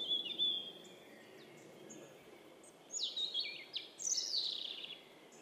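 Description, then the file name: European robin song, a thin high drawn-out note to start, then quiet, then a short burst of descending whistled slides and high tinkling notes. "Erithacus rubecula"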